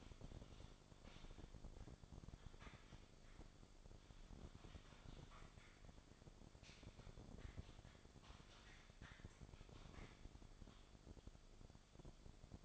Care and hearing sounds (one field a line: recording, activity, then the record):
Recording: daily activity, microphone in the room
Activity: typing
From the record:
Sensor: 5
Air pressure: 1004.6 hPa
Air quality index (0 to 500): 168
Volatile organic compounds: 4 ppm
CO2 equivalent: 1578 ppm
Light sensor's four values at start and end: 18/43/17/16 and 18/43/17/16